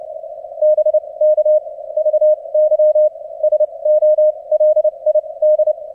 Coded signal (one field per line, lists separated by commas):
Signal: Morse code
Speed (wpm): 30 wpm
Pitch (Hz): 610 Hz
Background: none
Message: BK VY SOLID